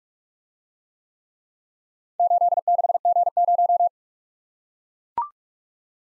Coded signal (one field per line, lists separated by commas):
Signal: Morse code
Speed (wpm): 42 wpm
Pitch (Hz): 700 Hz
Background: none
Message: 86G0